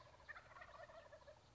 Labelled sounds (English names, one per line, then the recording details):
Wild Turkey
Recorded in Sonoma County, California